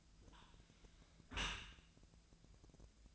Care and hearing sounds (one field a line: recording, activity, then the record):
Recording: daily activity, microphone in the room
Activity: close dishwasher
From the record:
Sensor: 2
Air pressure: 1000.3 hPa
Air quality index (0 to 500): 166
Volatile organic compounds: 3 ppm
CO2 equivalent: 1379 ppm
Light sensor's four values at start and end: 12/33/13/14 and 12/33/13/14